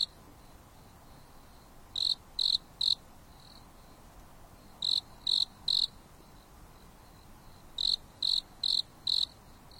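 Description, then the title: Insect chirping in groups of three or four short bright pulses, a group about every three seconds, with faint single chirps between and a low constant hiss beneath. Insects singing leisurely at night under a starry sky on a mountain top, with a gentle breeze blowing. "There is a gentle breeze blowing on the top of the mountain under the starry sky, and the insects are singing leisurely."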